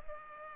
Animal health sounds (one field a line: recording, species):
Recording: mosquito wingbeat signal from an infrared sensor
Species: Culex pipiens